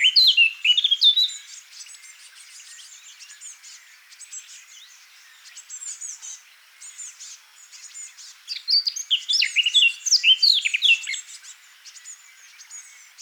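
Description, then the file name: Eurasian blackcap delivering short loud warbles at the start and again later, fast tumbling notes and whistles, with soft twittering filling the pause between. "Sylvia atricapilla"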